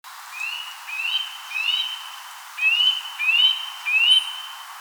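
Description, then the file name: Eurasian nuthatch giving six clear whistled, upslurred notes, each rising then held briefly. "Sitta europaea"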